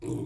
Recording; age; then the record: pig call; weaner (32 to 43 days)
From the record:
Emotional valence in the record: negative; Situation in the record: long isolation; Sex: female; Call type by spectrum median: low-frequency call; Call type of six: low-frequency stable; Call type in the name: low-frequency stable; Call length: 0.26 s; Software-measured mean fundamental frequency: 56 Hz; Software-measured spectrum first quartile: 170 Hz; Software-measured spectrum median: 307 Hz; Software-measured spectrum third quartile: 507 Hz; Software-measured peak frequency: 317 Hz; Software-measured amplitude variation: 113 dB a second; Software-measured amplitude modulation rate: 19.6 a second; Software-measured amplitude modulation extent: 5.7 dB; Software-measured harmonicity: 4.5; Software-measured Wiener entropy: -0.26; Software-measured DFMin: 998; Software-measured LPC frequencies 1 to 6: 332, 880, 2360, 3362, 5818, 7234 Hz